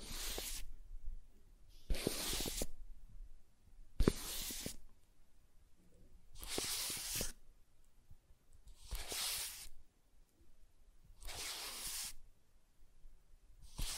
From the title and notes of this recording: ASMR Soft Tracing on Smooth and Rough Surfaces (No Talking).